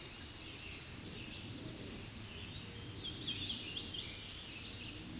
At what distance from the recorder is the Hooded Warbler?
about 50 m